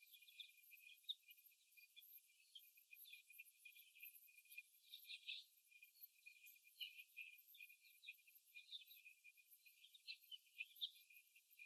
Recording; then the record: young laying hens in a cage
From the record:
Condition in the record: after the stressor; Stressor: simulated dog barking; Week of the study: 1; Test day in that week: 1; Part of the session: 2